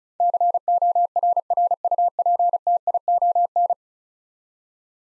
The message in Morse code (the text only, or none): CORRUPTION